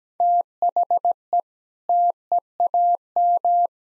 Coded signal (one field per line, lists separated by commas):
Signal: Morse code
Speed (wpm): 17 wpm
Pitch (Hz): 700 Hz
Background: none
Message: THE TEAM